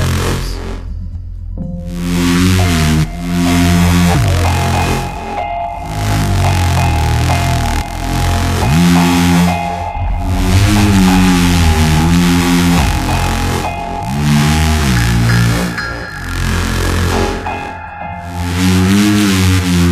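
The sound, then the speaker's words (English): A motorcycle engine revs over and over, its buzzing pitch climbing and dropping in repeated surges. The roar stays loud and continuous throughout, with no voices. “Fucking motorcycle over there or what? Sounds like fuck a chainsaw.”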